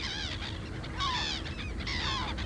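A parrot squawks three times in harsh, nasal, honking bursts spaced about a second apart, with a steady low rumble underneath and no voices.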